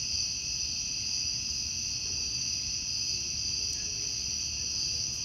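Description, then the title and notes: Cicada chorus: an unbroken shrill hiss holding steady at a high pitch, over faint low background rumble. Outdoors in summer. "Ext Cicadas, Car Driving By, Summer by Bandeto"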